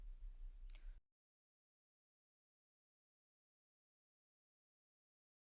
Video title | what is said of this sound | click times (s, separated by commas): Topperz Fountain Pen Ink Refillable Bottle Review - Bengali | একটা click করে আওয়াজ হবে এবং কার্ট্রিজটা লেগে যায় কোন অসুবিধা হয় না এই পেনটির সঙ্গে | 0.7 s